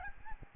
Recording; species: mosquito wingbeat signal from an infrared sensor; Aedes albopictus